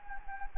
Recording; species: mosquito wingbeat signal from an infrared sensor; Anopheles gambiae